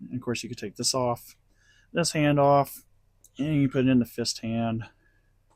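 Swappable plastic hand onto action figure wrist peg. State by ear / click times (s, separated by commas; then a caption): not seated / none. Someone talks while handling an action figure, describing removing its open plastic hand so a plastic fist hand can be pushed onto the wrist peg. Only speech is heard, with no distinct clicks. Nothing has seated or clicked yet.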